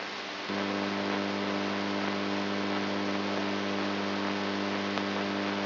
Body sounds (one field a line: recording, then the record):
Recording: brain microelectrode recording played as sound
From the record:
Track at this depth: inside the subthalamic nucleus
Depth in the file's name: 3.32 mm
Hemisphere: right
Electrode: 2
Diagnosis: Parkinson's disease